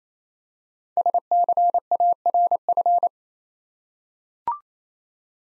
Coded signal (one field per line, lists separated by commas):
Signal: Morse code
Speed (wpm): 27 wpm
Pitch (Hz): 700 Hz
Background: none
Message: SCARF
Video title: Easy Words - Speed-Racing with Hints - 22wpm